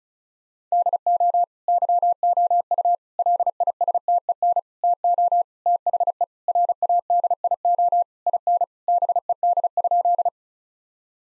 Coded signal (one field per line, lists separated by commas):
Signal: Morse code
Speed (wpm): 34 wpm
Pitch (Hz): 700 Hz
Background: none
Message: DO YOU LISTEN TO THE RADIO IN BED?